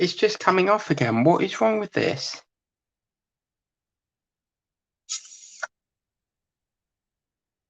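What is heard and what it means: Someone talks while handling a plastic foot part for the foot assembly of a partwork figure model, which keeps coming off. After a silence, a brief high-pitched scraping from about 5.1 to 5.6 s ends in a short sharp tick at 5.6 s. The part has not yet seated or clicked home.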